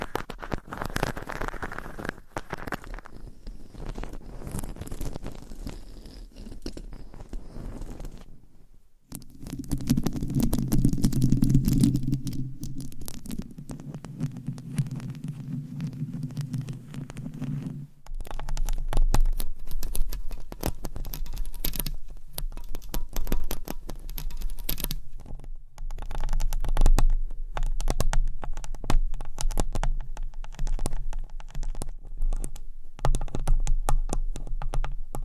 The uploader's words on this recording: ASMR for ADHD Changing Triggers Every 30 Seconds Scratching , Tapping , Massage & More (No Talking).